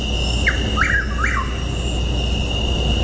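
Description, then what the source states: Chuck-will's-widow calling once, three quick whistled notes. Three-syllable onomatopoeic call.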